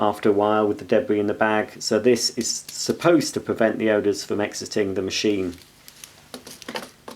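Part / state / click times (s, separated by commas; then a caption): odour filter into vacuum cleaner filter housing / seated / 6.8 s. Someone talks, then, once the talking stops, several small hits sound from about 5.9 s as a charcoal odour exhaust filter is fitted into its filter housing in the body of a Miele Complete C1 Powerline Cat & Dog vacuum cleaner. The last and loudest hit, at 6.8 s, is the filter clicking into place, and it is seated.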